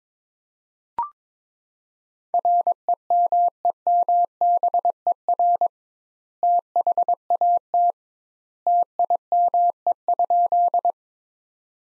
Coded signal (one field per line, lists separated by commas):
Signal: Morse code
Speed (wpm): 21 wpm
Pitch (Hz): 700 Hz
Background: none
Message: REMEMBER THAT TIME?